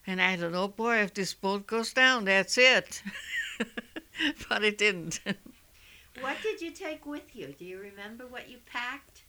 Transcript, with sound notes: And I thought, oh, boy, if this boat goes down, that's it. [Laughs] But it didn't.
What did you take with you? Do you remember what you packed?